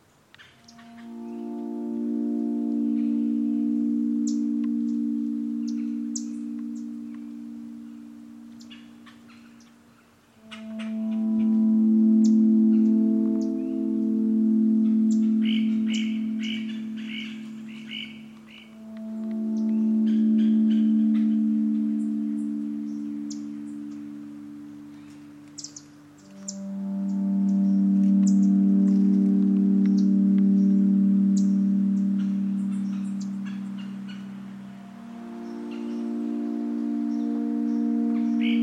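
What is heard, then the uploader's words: At Corkscrew Swamp's Lettuce Lakes, low ringing hums swell and fade every eight seconds or so, with scattered high chirps and clicks above. Corkscrew Swamp Sanctuary, just outside of Naples Florida. This is the Lettuce Lakes area, the beating heart of the ancient bald cypress grove. The Corkscrew Swamp Sanctuary boardwalk leads visitors through a gentle and pristine wetland wilderness.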